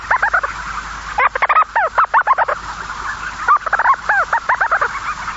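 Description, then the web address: Storm petrel giving quick runs of arched, yelping notes in three bursts. "sikioto. umitsubame"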